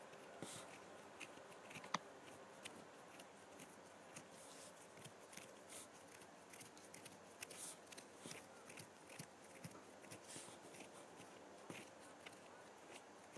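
Hands being scratched, a dense run of dry, crackly scrapes with frequent short sharp clicks. The rasping stays steady and busy throughout, with slightly stronger strokes near two and eleven seconds over a faint low hum.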